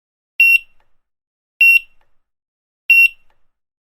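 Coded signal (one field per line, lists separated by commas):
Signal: none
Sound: checkout scanner beeps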